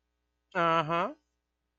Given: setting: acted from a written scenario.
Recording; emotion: vocal sound without words; neutral